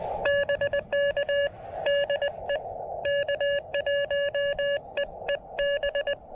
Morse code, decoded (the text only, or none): BK DE K1EEB